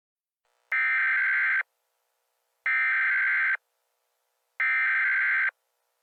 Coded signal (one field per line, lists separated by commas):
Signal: Emergency Alert System (SAME) tones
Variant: header bursts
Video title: EAS Scenario: Vampire Hunters - Dire Warnings (5 Year Channel Special)